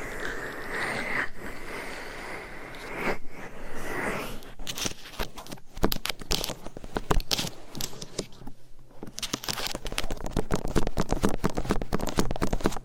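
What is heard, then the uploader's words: Close mic scratching and rubbing fill the first four seconds with a dense, grainy rustle. After that come quick, sharp taps and crinkly scrapes in irregular bursts that grow denser and louder toward the end, all very near and bright. ASMR Mic Scratching , Massage & Tapping in Your Ears. No Talking.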